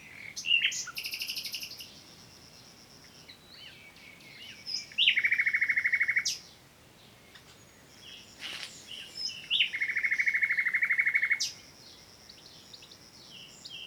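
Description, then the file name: Common nightingale song: short varied notes followed by long fast rattling trills, given twice with pauses between phrases. "Luscinia megarhynchos"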